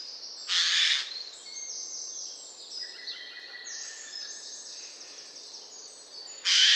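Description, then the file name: Eurasian jay giving two harsh, rasping screeches, one near the start and one at the end, with thin high notes from other small birds in between. "Garrulus glandarius"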